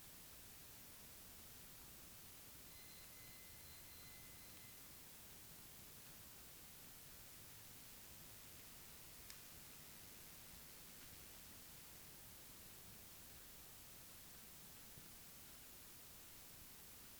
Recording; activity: daily activity, guitar pickup as the sensor; walk